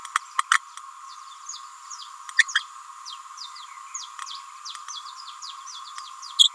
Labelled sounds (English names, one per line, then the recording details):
Green-rumped Parrotlet babbling
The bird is a female
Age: 29 days
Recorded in a nest box in Venezuela
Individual 17B31A3